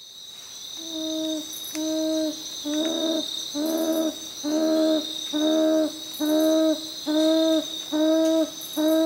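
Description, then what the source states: Papuan frogmouth giving deep, hollow booming notes repeated steadily about once per second, rising in loudness, with a continuous high insect drone behind. Papua New Guinea.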